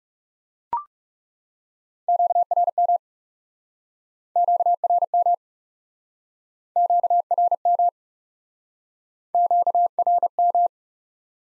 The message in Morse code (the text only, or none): QRM QRM QRM QRM